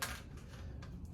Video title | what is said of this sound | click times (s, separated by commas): Using Solid Surface Seam Adhesive - Countertops 101 | squeeze that down make sure it clicks in place you're good to go | 0.0 s